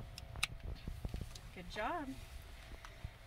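A child, helped by an adult, pushes the metal harness tongues into the bottom crotch buckle of a forward-facing Maestro Sport child car seat. A loud, sharp click at 0.4 s shows the buckle seated all the way in, and someone talks shortly after. Without that click the buckle would not be fully in and would not secure the child.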